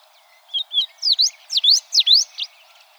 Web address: sound Tropeiro-seedeater. صدای-پرنده-دانه-خوار-تروپیرو